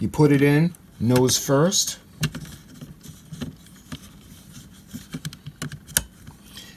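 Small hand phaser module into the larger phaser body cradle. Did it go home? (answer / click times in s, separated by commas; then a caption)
yes / 6.0 s. Someone talks, then a small Star Trek Type I hand phaser module from The Wand Company's universal remote control is inserted nose first into the plastic cradle of the larger Type II phaser body. Faint scraping and small clicks follow as it is pushed in. It latches into place with a sharp click at 6.0 s, seating fully.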